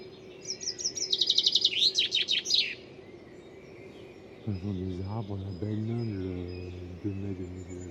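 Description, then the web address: Bird gives one fast, high trilled phrase, then a loud low droning sound takes over for the rest. "cianscape birddata Deverinetal 2025 File origin Bird Only"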